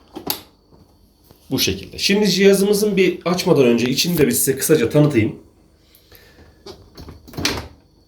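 After being removed, the milk container of a Siemens EQ500 coffee machine is hung back on the machine to try again, and it seats with a single sharp click at 0.3 s. Someone then talks, followed by a few quieter knocks and a louder tap near 7.5 s.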